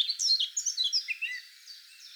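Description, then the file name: Eurasian blackcap song, a brief hurried chattering warble that fades out in its second half into quiet. "Sylvia atricapilla"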